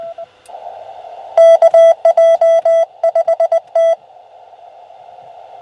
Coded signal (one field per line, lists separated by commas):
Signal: Morse code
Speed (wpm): 22 wpm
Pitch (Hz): 660 Hz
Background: radio noise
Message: KJ5T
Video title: CW POTA-Activation US-11644